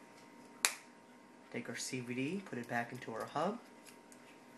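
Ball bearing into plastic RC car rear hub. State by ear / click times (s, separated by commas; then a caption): seated / 0.7 s. A ball bearing is pressed into the plastic rear hub of a Team Associated SC10 4x4 RC car and snaps into place with a sharp click at 0.6 s, seating the bearing. Someone then talks from about 1.5 s to 3.6 s.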